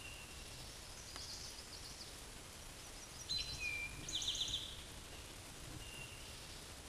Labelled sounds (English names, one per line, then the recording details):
Eastern Towhee song
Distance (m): 35 m
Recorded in a Pennsylvania forest on 17 May 2023 at 13:14
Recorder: AudioMoth, point grid1_27_low
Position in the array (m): 119 m, 84 m